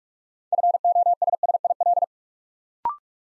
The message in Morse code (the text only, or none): FOSSIL